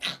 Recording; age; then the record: pig call; piglet (1 to 25 days)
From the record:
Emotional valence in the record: negative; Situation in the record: castration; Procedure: castration, fixation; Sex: male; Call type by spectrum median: high-frequency call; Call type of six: low-frequency tonal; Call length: 0.20 s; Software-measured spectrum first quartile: 2011 Hz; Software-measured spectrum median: 3137 Hz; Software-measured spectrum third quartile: 3951 Hz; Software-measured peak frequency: 3911 Hz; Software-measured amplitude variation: 157 dB a second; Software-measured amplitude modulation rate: 12.5 a second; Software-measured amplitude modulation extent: 12.6 dB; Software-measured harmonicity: 2.4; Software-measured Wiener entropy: -0.94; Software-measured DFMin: 588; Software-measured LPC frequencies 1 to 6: 1961, 2810, 3259, 3905, 5878, 8943 Hz